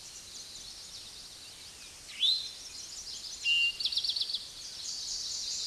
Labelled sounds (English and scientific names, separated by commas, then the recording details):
Eastern Towhee (Pipilo erythrophthalmus) song
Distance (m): 10 m
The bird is about level with the microphone
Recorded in a Pennsylvania forest on 16 May 2024 at 06:13
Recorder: AudioMoth, point MSD-2257
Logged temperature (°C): 16.0 °C
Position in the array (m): 189 m, 161 m